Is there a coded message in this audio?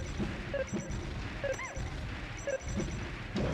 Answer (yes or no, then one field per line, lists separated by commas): no